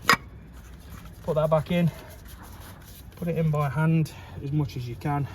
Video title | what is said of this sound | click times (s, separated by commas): How to service ( oil, oil filter + air filter ) a Vauxhall Astra J | slide it in hands together squeeze here the click that's your oil filter changed | 0.1 s